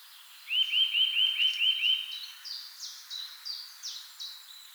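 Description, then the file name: Eurasian nuthatch with one quick run of about seven rising whistled notes, followed by another bird's repeated descending high phrases. "Sitta europaea"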